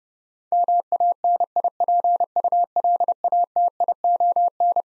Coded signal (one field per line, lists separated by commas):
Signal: Morse code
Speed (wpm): 32 wpm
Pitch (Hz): 700 Hz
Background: none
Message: MANIPULATION